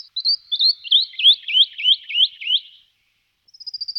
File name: Brhlik skalni Sitta neumayer